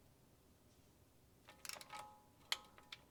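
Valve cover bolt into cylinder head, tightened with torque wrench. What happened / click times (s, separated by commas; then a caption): The torque wrench clicked at its setting / 2.5 s. A click-type torque wrench, set low at about 8 ft-lbs for a non-cork gasket, tightens a valve cover bolt into the cylinder head of a 302 V8. Several short ratcheting taps come from about 1.5 to 2.0 seconds. The wrench gives one sharp click at 2.5 seconds when it reaches its setting, so the bolt is confirmed torqued.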